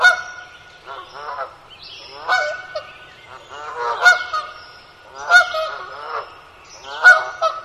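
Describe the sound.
Bird calls, loud nasal honks with rich harmonics, given in bursts about every one to two seconds, with overlapping softer honks between them.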